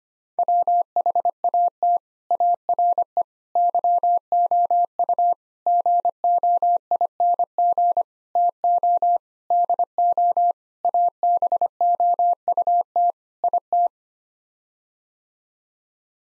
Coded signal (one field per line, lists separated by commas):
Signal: Morse code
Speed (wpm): 25 wpm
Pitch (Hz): 700 Hz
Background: none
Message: WHAT ARE YOU GOING TO DO ABOUT IT